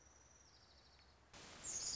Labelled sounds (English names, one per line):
Orange-crowned Warbler